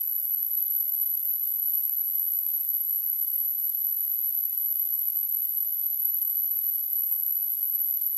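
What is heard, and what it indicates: Simulated tinnitus: a steady, piercing, very high-pitched tone near 11 kHz over a faint high-frequency hiss, unchanging throughout.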